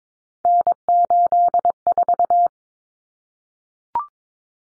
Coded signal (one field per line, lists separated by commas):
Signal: Morse code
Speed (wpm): 22 wpm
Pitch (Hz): 700 Hz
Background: none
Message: N84